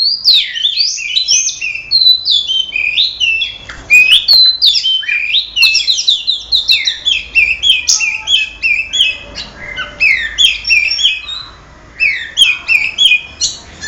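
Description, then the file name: Oriental magpie-robin song, a dense, continuous stream of varied high whistles, chirps and rapid trills with quick rising and falling notes. Simulated songbird contest audio intended for Oriental magpie-robins. "audio simulasi lomba untuk kacer omkicau"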